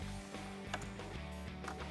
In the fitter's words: And there's 2 of those. They just click into place like so.